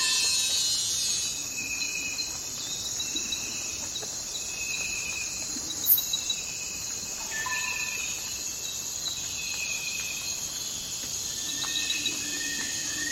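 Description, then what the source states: Continuous high cricket trilling with repeated long even tones at a couple of pitches, and a brief sharp sound around the middle. Forest at night.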